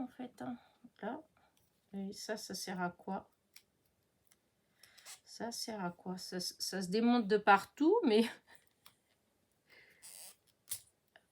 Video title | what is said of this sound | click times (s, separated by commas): #Unboxing Onedaysaving #Partenariat #Onedaysaving | alors là comme ça non hop ça se clipse ça | 10.7 s